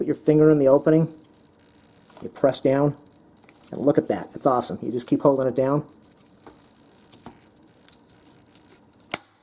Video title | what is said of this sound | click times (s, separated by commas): EuroMini VIA 20” Folding Bike Unboxing Assembly and First Ride REVIEW | pedal snaps in place it's beautiful it's an awesome bike I'm really impressed | 9.1 s